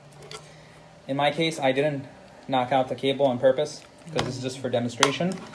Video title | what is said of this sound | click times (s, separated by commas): How to adjust turret dome camera | and once you have that just pressed down and you should hear these snaps | 0.1 s, 0.3 s